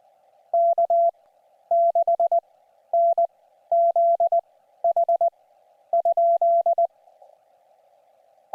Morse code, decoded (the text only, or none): K6NZH?